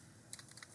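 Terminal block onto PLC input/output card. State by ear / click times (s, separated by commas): seated / 0.3 s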